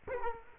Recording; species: mosquito wingbeat signal from an infrared sensor; Culex quinquefasciatus